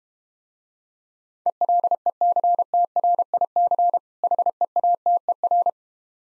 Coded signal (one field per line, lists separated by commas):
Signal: Morse code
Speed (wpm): 32 wpm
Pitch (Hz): 700 Hz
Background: none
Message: ELECTRIC HEATER